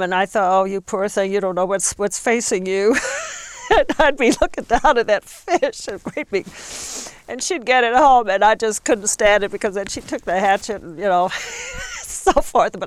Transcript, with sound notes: And I thought, oh you poor thing, you don't know what's facing you. (she laughs) I'd be looking down at that fish and and she'd get it home and I just couldn't stand it because then she took the hachet and you know (she is laughing) and so forth;